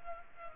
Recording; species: mosquito wingbeat signal from an infrared sensor; Culex pipiens